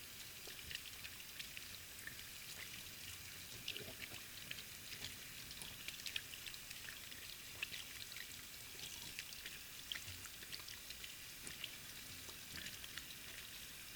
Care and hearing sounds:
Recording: daily activity, guitar pickup as the sensor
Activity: wash hands

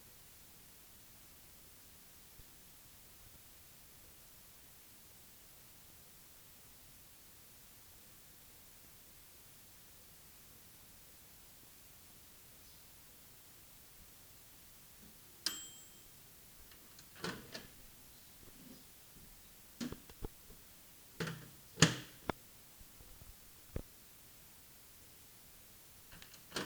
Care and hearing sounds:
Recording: daily activity, guitar pickup as the sensor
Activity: use microwave

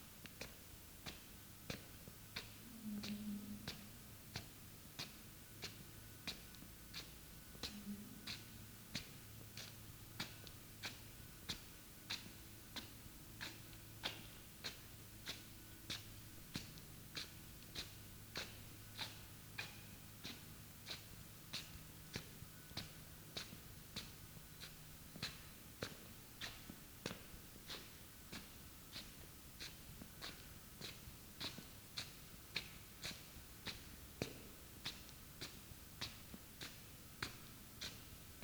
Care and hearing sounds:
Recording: daily activity, guitar pickup as the sensor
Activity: walk

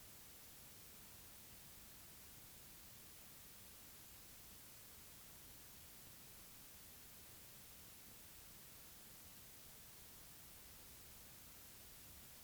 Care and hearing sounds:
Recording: daily activity, guitar pickup as the sensor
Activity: stand

